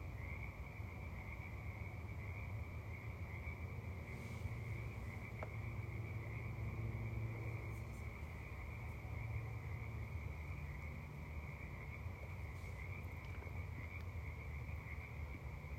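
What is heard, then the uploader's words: Spring frogs fill the air in a dense, unbroken chorus, with a high, steady trill holding constant throughout. Beneath it runs a thick, low rumble of croaking, while a few brief, faint calls stand out now and then, around four, eight and thirteen seconds. The cacophony of frogs in the spring.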